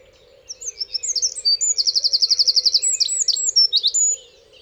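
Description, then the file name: Eurasian wren song: an energetic, high-pitched torrent of twitters and a quick rattling trill lasting about three and a half seconds, over a faint continuous low hum. "Troglodytes troglodytes"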